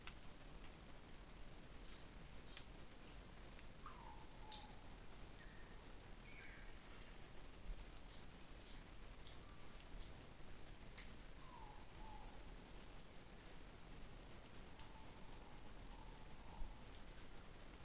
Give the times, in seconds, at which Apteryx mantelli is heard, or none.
none